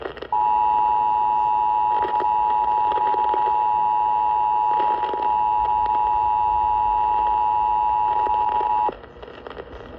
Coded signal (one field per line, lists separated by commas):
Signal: Emergency Alert System (SAME) tones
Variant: 853 and 960 Hz attention tone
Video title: Severe Thunderstorm Warning on WBAP-AM 820 (EAS #208)